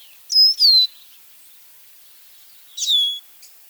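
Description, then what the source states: Lesser Goldfinch call: a mournful, high, falling whistle, repeated once roughly two and a half seconds after the first. Mournful-sounding call, like a tear or crying, used for identification; common backyard bird.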